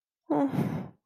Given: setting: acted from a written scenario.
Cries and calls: vocal sound without words; fear

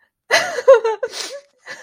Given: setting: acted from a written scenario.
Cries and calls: vocal sound without words; sadness

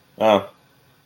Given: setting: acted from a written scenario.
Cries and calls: vocal sound without words; neutral

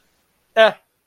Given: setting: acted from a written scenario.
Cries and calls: vocal sound without words; neutral

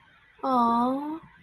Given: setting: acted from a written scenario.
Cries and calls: vocal sound without words; sympathy

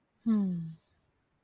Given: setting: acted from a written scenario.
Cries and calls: vocal sound without words; serenity

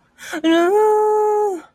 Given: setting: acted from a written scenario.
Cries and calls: vocal sound without words; distress

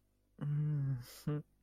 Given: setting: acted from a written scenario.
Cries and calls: vocal sound without words; shame

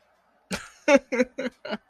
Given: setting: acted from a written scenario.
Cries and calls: vocal sound without words; amusement

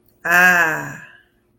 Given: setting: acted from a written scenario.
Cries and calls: vocal sound without words; romantic love

